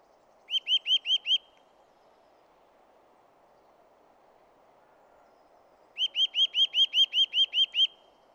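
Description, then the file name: Eurasian nuthatch giving quick runs of clear, piping down-slurred notes, a short burst of five then a longer one of about ten, with soft ambient noise. "Sitta europaea"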